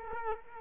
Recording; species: mosquito wingbeat signal from an infrared sensor; Culex quinquefasciatus